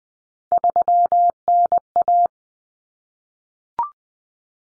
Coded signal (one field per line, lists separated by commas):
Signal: Morse code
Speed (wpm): 20 wpm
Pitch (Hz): 700 Hz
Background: none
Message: 3NA